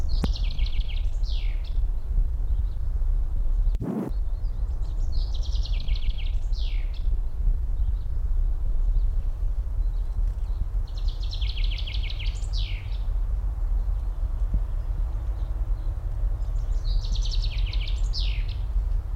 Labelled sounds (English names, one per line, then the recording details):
Common Chaffinch
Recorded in the wild
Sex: male
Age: adult
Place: Mühlenbeck, am Tegeler Fließ, Brandenburg, DE
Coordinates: 52.667, 13.37
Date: 1993-03-21 11:08
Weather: sonnig, ca. 12 °C
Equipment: Marantz CP 430, Sennheiser ME 80, Kopie Uher Variocord 263
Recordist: Tembrock, Günter